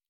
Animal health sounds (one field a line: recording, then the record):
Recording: hydrophone in a shrimp aquaculture tank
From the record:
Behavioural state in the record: normal